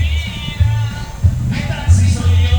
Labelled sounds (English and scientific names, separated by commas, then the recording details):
none
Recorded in pastures near Puerto Asís, Putumayo, Colombia, on 22 December 2024 at 17:30
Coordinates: 0.497, -76.327
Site G088